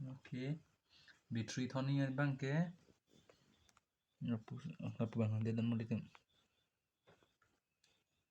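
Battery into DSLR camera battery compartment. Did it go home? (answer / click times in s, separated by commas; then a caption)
no / none. A battery is handled at the battery compartment of a new Nikon D5200 DSLR camera body during an unboxing, while someone talks. Nothing has seated or clicked yet; the clip ends just before the battery goes home.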